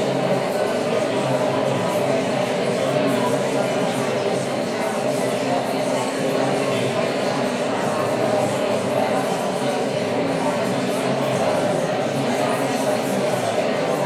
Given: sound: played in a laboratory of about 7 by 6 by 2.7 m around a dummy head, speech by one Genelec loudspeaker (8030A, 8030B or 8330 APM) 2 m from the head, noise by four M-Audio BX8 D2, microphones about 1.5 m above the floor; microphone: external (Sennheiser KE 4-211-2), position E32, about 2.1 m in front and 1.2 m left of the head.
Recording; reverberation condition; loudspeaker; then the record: babble noise; high; four, about 170 cm from the corners of the room and facing them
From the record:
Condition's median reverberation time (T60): about 1300 ms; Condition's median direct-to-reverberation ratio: about -4.0 dB